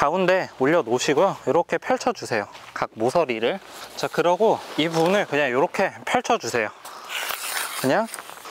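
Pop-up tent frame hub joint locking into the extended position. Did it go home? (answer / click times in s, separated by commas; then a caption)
no / none. Someone talks while spreading out the corners and a section of a one-touch pop-up tent's frame, with faint rustling and handling noise underneath. The frame hub joint has not yet snapped or locked into its extended position; nothing has seated or clicked by the end of the clip.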